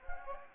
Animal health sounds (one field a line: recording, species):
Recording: mosquito wingbeat signal from an infrared sensor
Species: Anopheles gambiae